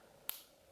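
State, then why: Seated. The plastic clasp closure on the thick back band of a bikini top is hooked into its mating clip and snaps shut, seating securely thanks to little notches that keep it from slipping. A single sharp, bright snap lands at 0.3 s against quiet background hiss, concentrated in the high frequencies and fading within about a tenth of a second.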